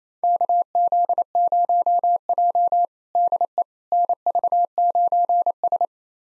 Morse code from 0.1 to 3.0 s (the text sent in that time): KZ0J